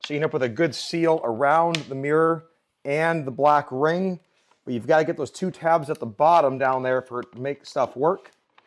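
A plastic turn signal lens cover is pressed onto the side mirror housing of a Volvo XC90, worked around from the two bottom tabs so it seals around the mirror and the black ring. Someone talks throughout. Nothing has seated or clicked yet.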